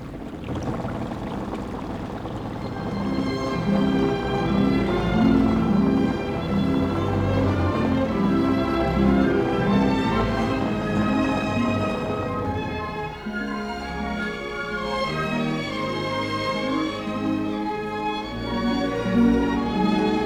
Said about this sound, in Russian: Включите моторы. Есть, включить моторы.